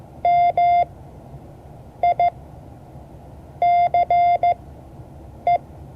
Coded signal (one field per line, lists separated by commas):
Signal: Morse code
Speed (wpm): 15 wpm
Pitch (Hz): 700 Hz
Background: none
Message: MICE